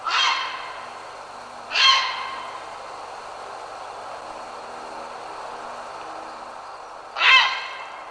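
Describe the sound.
Grey heron uttering three harsh, hoarse croaks, two close together at the start and a third after a pause of over five seconds.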